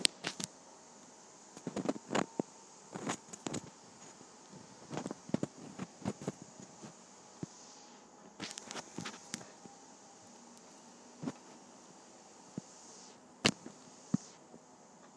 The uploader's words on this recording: Flipping Through a Pad of Paper.